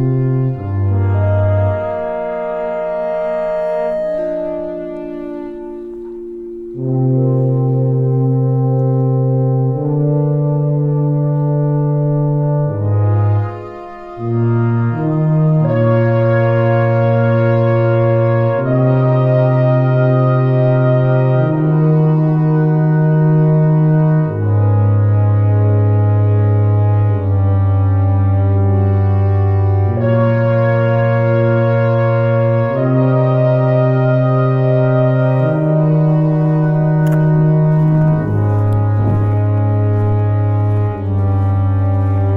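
A brass quintet plays slow, sustained chords, with a deep bass line that moves to a new note every few seconds beneath bright upper voices. Loudness stays even throughout, apart from a brief dip and thinning around the fourteen-second mark.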